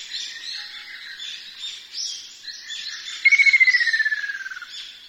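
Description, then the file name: Ruddy kingfisher call: a descending trill sliding down from high to lower pitch and fading, heard once near the end, over a constant chorus of chirping insects. "akashobin"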